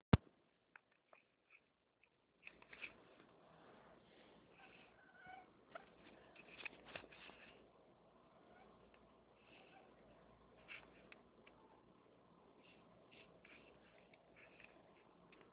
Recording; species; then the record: mosquito flight sound by mobile phone; Anopheles albimanus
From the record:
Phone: Nokia 6555B